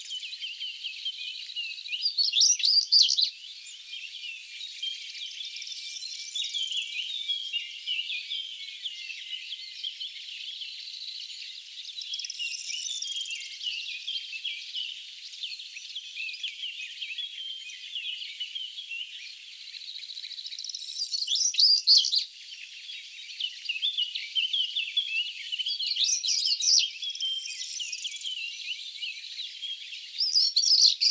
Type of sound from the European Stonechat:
song